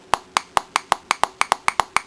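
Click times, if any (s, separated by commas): none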